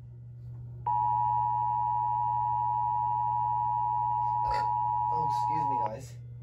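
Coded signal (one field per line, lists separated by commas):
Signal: Emergency Alert System (SAME) tones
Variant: 853 and 960 Hz attention tone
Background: speech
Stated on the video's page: Required Weekly Test from NWS Memphis.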